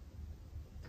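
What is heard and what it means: After both wheels are wound, the wooden spiral wheel of a Nexus Spiral kinetic sculpture is gently pushed clockwise by hand toward its escapement mechanism. Only soft, low handling noise is heard throughout. Nothing has clicked or engaged yet.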